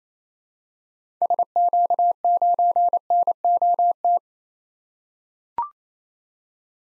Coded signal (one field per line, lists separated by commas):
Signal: Morse code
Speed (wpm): 28 wpm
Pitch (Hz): 700 Hz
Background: none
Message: SQ9NOT